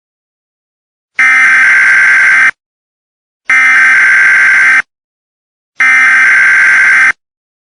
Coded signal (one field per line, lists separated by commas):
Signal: Emergency Alert System (SAME) tones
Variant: header bursts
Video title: EAS Scenario #10 - Roko's Basilisk